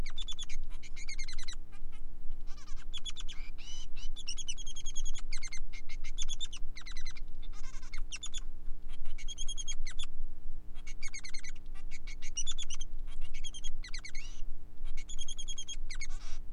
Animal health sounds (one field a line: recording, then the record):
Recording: song of a male Bengalese finch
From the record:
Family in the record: son of father 3